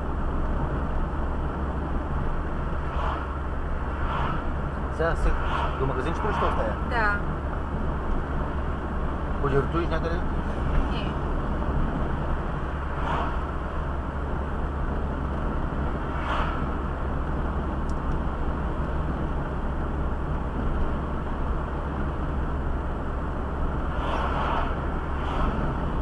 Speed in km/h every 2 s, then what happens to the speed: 53, 53, 54, 54, 54, 53, 54, 52, 52, 52, 52, 52, 52.
0-26 steady at about 53.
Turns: none.